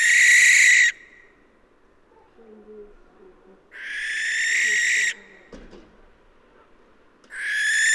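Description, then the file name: Barn owl giving three harsh, hissing screeches, the first and last cut off, with a brief click in one pause. "Schleiereule - Tyto alba"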